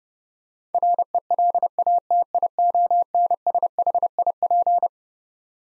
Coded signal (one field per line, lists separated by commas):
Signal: Morse code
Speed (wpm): 32 wpm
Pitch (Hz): 700 Hz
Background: none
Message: RELATIONSHIP